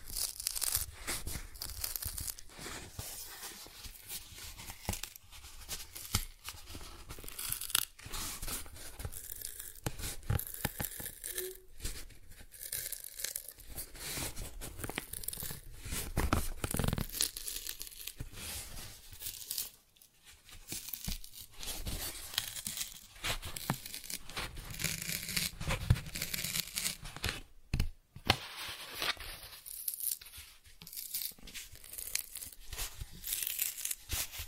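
Cardboard being scratched, traced and torn in a dense, continuous run of rough scraping and ripping. Short sharp rips and crinkles break through every second or so, with brief lulls near 20 and 28 seconds before the scratching resumes.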